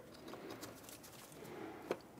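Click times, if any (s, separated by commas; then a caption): 1.9 s. A wiring harness connector is pushed all the way onto the mass airflow sensor of a 2003-2011 Mercury Grand Marquis, with its red locking tab facing down. Faint, quiet rustling and handling noise is followed by a small, sharp click at 1.9 s as the connector seats and locks in.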